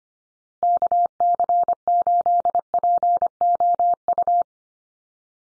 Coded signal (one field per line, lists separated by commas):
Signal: Morse code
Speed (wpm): 25 wpm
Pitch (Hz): 700 Hz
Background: none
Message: KC8POU